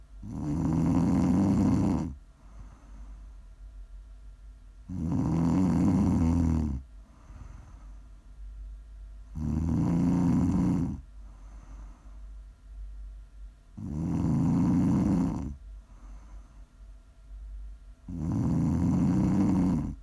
Prime ASMR snoring.